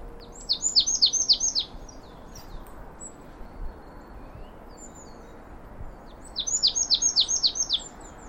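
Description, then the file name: Marsh tit calls: quick bursts of six or seven high, downslurred notes, one near the start and another near the end, over faint steady background hiss. "Poecile palustris"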